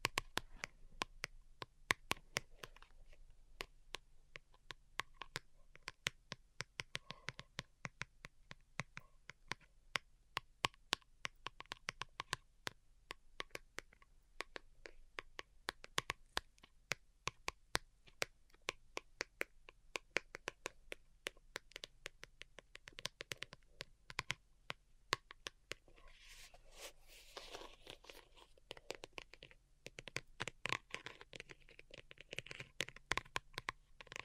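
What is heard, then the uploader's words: Delicate tapping runs throughout, a dense stream of quick, crisp taps at an irregular, fluttering pace with occasional sharper clicks standing out. Near the end, from about 26 seconds, a soft brushing hiss briefly swells beneath the taps before they continue alone. ASMR DELICATE Tapping for Sleep (No Talking).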